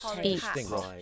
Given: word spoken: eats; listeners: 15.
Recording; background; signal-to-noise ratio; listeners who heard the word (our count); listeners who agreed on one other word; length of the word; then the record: one English word in noise, from a listening test; four-talker babble; 0.0 dB; 1 of 15; 9 of 15; 0.62 s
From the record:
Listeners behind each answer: 9, 1, 1, 1, 1, 1, 1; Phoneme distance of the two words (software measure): 7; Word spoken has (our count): 1 syllable, 3 phonemes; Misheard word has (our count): 1 syllable, 2 phonemes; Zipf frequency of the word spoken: 3.87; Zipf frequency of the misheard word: 5.21